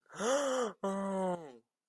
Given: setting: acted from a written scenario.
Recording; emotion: vocal sound without words; positive surprise